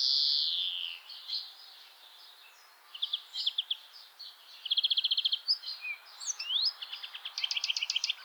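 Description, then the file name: European greenfinch opening with a drawn-out nasal wheeze, then scattered twitters and fast, even trills of repeated notes. "Chloris chloris"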